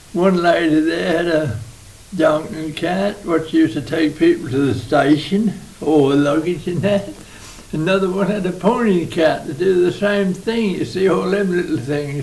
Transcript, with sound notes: one lady there had a donkey cart, what she used to take people to the station. All the luggage and that. [laughs] Another one had a pony and cart! To do the same thing, you see. All them little things.